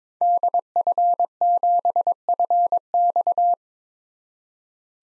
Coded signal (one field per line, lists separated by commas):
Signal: Morse code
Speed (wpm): 22 wpm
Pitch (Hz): 700 Hz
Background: none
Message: DF7FX